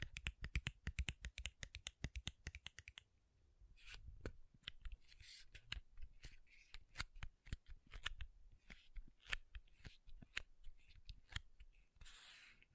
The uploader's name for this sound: MAKEUP TAPPING & SCRATCHING